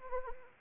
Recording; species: mosquito wingbeat signal from an infrared sensor; Anopheles arabiensis